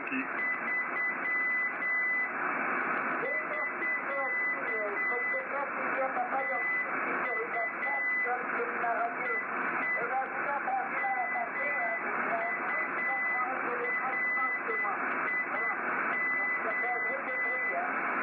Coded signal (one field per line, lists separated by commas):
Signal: Morse code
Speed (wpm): 8 wpm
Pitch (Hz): 2000 Hz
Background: speech, radio noise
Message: 3 <SK> TU EE MURIO